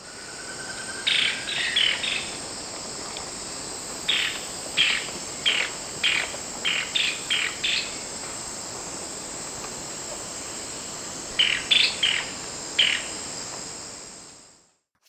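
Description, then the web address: Golden-winged tody-flycatcher calls: short sharp chip notes in irregular bursts with pauses between, over a steady high insect drone. Ecuador. "Birds of Ecuador 3. Golden-Winged Tody-Flycatcher"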